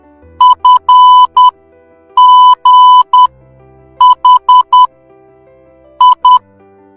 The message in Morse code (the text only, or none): FGH I